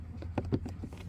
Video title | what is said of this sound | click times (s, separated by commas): Replace cabin air filter on 2020 Mazda CX9 Signature | you just give it a little push. You're gonna hear that click. | 0.4 s